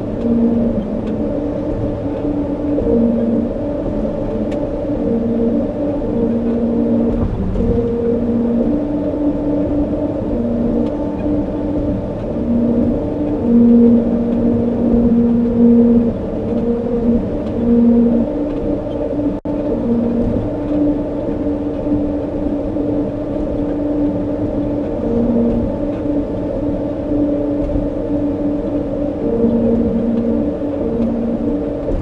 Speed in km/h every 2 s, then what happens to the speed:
79, 79, 79, 79, 81, 79, 79, 79, 81, 79, 79, 79, 79, 79, 79, 79.
0-32 steady at about 79.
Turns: none.